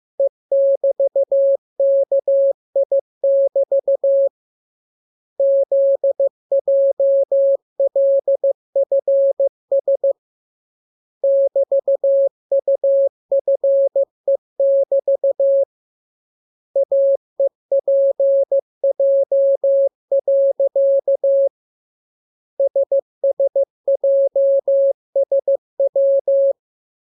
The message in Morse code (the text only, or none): E<BT>KI<BT> ZJLFS <BT>UFE<BT> AEPJ. SSJSW